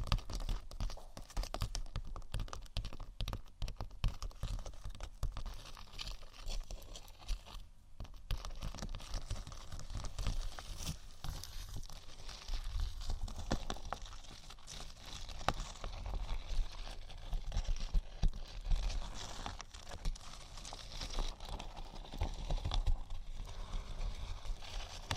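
Dense, continuous tapping and scratching on vinyl, crackly and busy throughout, with rapid irregular clicks and a brief quieter gap near eight seconds.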